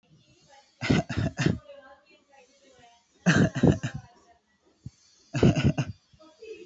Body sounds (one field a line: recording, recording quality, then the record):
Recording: shallow voluntary cough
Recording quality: excellent, no background noise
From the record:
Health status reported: healthy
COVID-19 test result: not tested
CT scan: not taken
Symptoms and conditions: none ticked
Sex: male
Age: 25 years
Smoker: no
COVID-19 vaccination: one dose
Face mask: not worn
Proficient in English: yes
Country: India